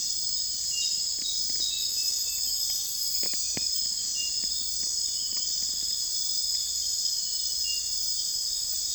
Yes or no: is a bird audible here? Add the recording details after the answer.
no. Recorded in secondary vegetation near Puerto Asís, Putumayo, Colombia, on 21 December 2024 at 01:00. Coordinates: 0.484, -76.319. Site GP06